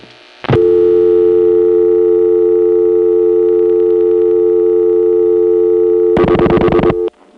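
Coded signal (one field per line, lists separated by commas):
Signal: telephone call progress tone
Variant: North America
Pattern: dial tone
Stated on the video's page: Tones from replacement of City and Interzone tandem switches, November 1975.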